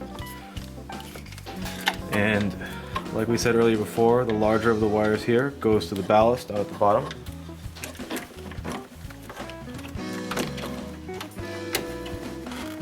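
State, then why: Not seated. Someone talks over background music while handling the larger wiring-harness connector for an HID headlight ballast on a 2004–2009 Ford F-150, with a few small handling clicks and taps. The connector is about to be plugged into the ballast, but nothing has seated or clicked in yet.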